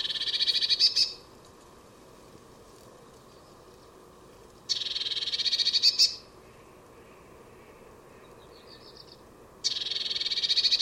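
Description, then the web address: Bird giving buzzy, rapidly pulsed churring calls of about a second each, repeated three times with quiet gaps, one short faint rattle between them. "Deverinetal 2025 File origin Bird Only Cy Ca"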